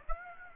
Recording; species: mosquito wingbeat signal from an infrared sensor; Aedes aegypti